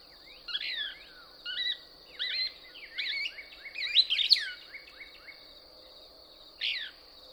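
Couch's Kingbird song: groups of sharp chipping notes roughly every second, swelling into a burst of squeaky twitters, then one more note after a pause, high drone behind.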